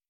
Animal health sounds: hydrophone in a shrimp aquaculture tank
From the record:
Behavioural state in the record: feeding

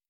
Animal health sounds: hydrophone in a shrimp aquaculture tank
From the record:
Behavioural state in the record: stressed

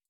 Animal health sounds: hydrophone in a shrimp aquaculture tank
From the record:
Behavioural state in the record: stressed

